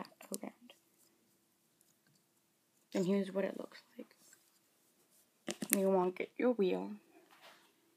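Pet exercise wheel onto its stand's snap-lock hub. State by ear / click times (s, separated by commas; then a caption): not seated / none. A plastic pet exercise wheel is handled at its stand's snap-lock hub, which has an elastic band wrapped on the stand, while someone talks. Faint taps and ticks come in the first second and again around 4 s and 5.5 s. Nothing has seated or clicked yet.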